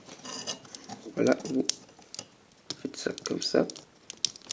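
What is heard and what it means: Someone talks while moving the plastic arm joint of a Transformers Prime Beast Hunters Skystalker transforming robot toy toward its robot-mode position. Light plastic clicks and taps are heard, the sharpest near 4.3 seconds. The arm has not clicked into place yet.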